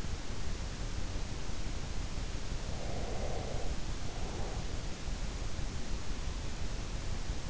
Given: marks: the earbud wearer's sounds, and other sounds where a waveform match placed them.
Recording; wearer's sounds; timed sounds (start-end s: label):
sounds in sleep by an in-ear microphone; breath
2.76-4.65 s: breath